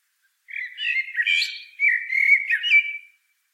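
Common blackbird song phrase of mellow, warbled whistles around mid pitch, rising and falling, with a few higher squeaky notes toward the end; no other sounds.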